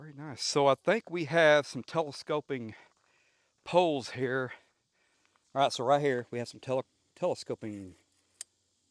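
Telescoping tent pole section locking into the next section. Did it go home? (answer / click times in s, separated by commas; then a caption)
yes / 8.4 s. Someone talks while handling the telescoping poles of a DOD Moto Dome Quick Tent. One pole section is extended and locks into the next section with a sharp, short click at 8.4 s, seating the pole section.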